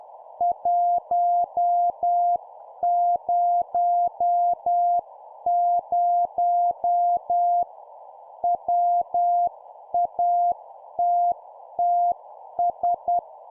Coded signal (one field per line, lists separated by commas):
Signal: Morse code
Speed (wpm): 10 wpm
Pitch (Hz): 700 Hz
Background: none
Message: 100 WATTS